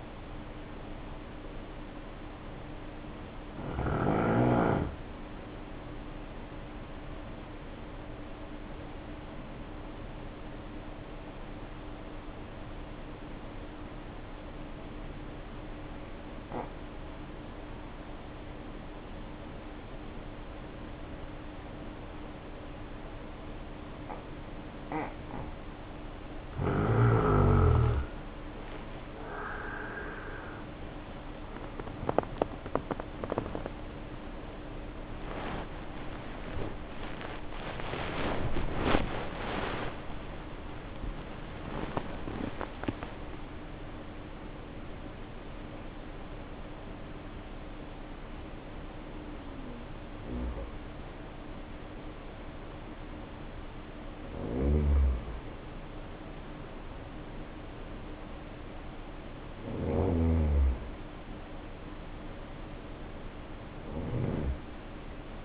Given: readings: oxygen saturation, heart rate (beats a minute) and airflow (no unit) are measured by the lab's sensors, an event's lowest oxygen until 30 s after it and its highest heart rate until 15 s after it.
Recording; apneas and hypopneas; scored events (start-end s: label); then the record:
breathing in sleep by a voice recorder at the bedside; 1
7.00-29.00 s: hypopnea (N2, oxygen 95% highest, then 83% lowest, heart rate 50 at the start, 78 highest)
18.00-65.45 s: new sleep stage, N1 (lightest sleep)
From the record:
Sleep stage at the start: N2 (light sleep); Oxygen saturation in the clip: 82 to 95%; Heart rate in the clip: 50 to 82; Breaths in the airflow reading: 13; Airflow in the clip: -3.2 to 3.9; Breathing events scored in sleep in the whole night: 520 in 7.2 hours asleep